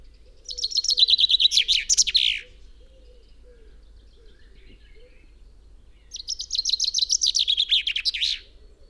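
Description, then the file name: Common chaffinch song: two rapid phrases of about two seconds each, each ending in a flourish, separated by roughly four seconds of quiet. "Fringilla coelebs"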